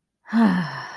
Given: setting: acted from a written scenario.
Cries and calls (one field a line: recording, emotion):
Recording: vocal sound without words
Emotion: contentment